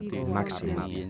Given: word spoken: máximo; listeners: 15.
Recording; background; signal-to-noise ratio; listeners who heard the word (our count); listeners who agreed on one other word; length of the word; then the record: one Spanish word in noise, from a listening test; four-talker babble; -0.3 dB; 0 of 15; 15 of 15; 0.70 s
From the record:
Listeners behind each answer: 15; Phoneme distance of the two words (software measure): 10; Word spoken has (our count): 3 syllables, 7 phonemes, stress on syllable 1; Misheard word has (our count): 3 syllables, 7 phonemes, stress on syllable 1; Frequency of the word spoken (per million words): 90.81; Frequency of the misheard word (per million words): 50.55